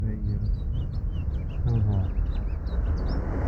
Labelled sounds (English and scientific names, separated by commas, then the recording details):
House Finch (Haemorhous mexicanus) song
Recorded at Hewlett on Long Island, New York, on 10 June 1975
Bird A